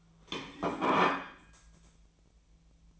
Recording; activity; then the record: daily activity, microphone in the room; place plate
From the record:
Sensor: 1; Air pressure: 1009.4 hPa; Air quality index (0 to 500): 195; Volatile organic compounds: 19 ppm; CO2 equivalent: 2662 ppm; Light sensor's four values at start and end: 27/69/29/34 and 27/69/28/34